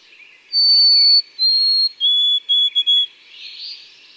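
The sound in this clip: White-throated sparrow song: two long, clear, high whistled notes, then a lower whistled note broken into quick repeated pieces, ending on a faint rush of sound.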